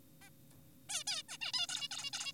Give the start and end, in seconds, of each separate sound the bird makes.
0.22-0.30, 0.89-1.04, 1.07-1.22, 1.29-1.38, 1.41-1.52, 1.54-1.67, 1.69-1.88, 1.91-2.10, 2.13-2.32